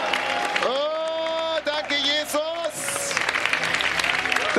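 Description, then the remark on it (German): Audience applause rises into a dense, steady patter of clapping, preceded by sustained, wavering calls and cheers from voices in the crowd, applauding the many helpers and volunteers who made the weekend possible. “Lass uns, komm, ihr könnt nochmal einen Applaus geben, weil das ist wirklich für viele.”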